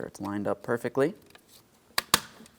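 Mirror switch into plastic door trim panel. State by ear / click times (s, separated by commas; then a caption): seated / 2.0 s, 2.1 s. A new plastic mirror switch for a 2007-2014 Ford Edge is lined up by its locating tab and pressed into the plastic door trim panel while someone talks. Two sharp clicks at 2.0 s and 2.1 s show the switch snapping into place, and it is then checked to confirm it does not fall out.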